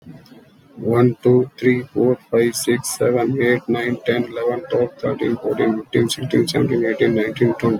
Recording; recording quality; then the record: counting at a fast pace; moderate, slight background noise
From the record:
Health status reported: healthy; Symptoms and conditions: none ticked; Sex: male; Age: 50 years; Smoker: not ticked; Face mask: not worn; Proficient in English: yes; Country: India